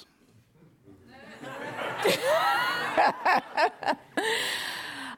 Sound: laughter